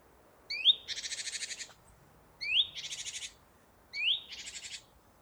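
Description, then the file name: Great tit call: a short rising squeaky note followed by a dry buzzy churr, repeated three times about every one and a half seconds. "Parus major"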